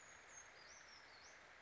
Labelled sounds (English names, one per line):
Brown Creeper